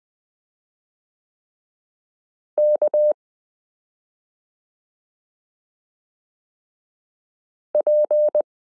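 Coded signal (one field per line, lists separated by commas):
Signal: Morse code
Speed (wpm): 20 wpm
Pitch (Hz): 600 Hz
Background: none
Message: K P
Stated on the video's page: Morse listening lesson 8 of a Koch-method course, using the characters m k r s u a p t l.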